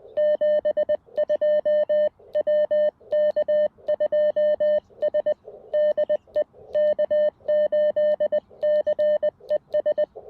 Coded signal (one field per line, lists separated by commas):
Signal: Morse code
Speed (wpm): 20 wpm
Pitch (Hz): 3000 Hz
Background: none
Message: 72 WK2S DE K8CES